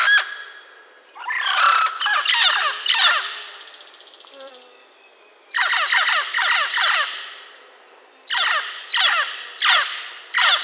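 Bird uttering loud, grating squawks in clustered runs of several quick downward-sweeping notes, pausing briefly before each new bout.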